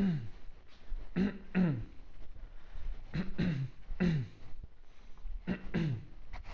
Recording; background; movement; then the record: throat clearing; quiet; walking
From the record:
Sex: male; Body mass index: 20.5 kg/m2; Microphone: on the chest, facing outward